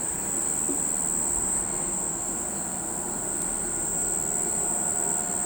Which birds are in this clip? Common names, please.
none